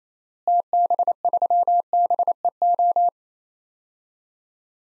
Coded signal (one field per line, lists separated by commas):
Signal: Morse code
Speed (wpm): 28 wpm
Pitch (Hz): 700 Hz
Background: none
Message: TB3BEO